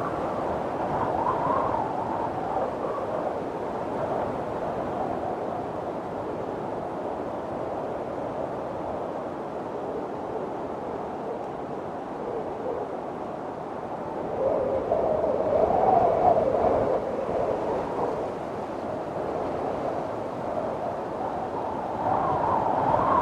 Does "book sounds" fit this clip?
no